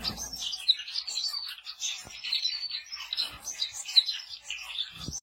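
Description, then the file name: Society finch song as an unbroken run of buzzy, chirping, high-pitched notes, with occasional faint taps. "canto do bengalim do japao"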